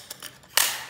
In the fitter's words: click it in place done and you can actually angle this well